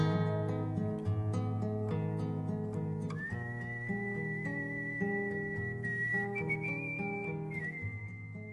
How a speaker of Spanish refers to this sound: pero se fue Don Segundo con su silbido tristón.